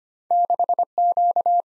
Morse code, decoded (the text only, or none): 6Q